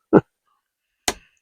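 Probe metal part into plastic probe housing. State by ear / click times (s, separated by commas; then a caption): seated / 1.1 s. With the metal part set in place, a plastic probe body is clipped back together over it. A short, lower-pitched sound comes near 0.1–0.2 s, then a loud, sharp click at 1.1 s confirms the probe body has seated.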